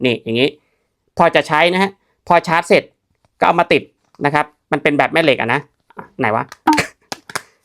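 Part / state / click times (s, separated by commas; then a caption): magnetic controller unit into knee massager wrap / seated / 7.1 s, 7.4 s. After charging, a magnetic controller unit is attached to a knee massager wrap and pressed in until it locks, while someone talks. Sharp short hits are heard as it snaps into place at 7.1 s and 7.4 s, and the unit is seated.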